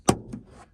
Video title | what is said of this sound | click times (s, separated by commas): 2018-2022 honda accord new dome lights are a must! | and then the clips, 2 clips here should click in | 0.1 s, 0.3 s